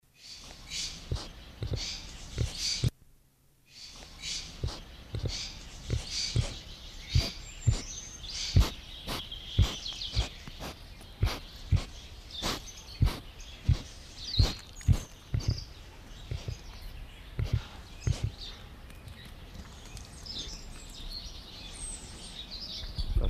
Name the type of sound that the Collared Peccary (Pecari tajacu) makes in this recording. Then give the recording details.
snorting. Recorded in captivity. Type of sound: snorting. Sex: male. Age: adult. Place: Zoo Halle, Sachsen-Anhalt, DE. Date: 1991-04-06. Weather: sunny, 4-13 °C. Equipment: Marantz, Sennheiser ME 80, Kopie Tesla B 116. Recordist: Tembrock, Günter. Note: Bei Tembrock: Weißbandpekari. Kurzlaute (Schnaufen) von Männchen am Gitter